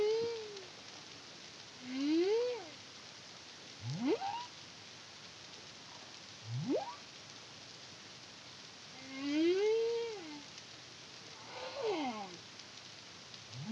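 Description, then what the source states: Humpback whale song: arched moaning tones mixed with swift upward-sweeping whoops, over steady hiss. Recorded in the Caribbean in 2023 by the CARIMAM project.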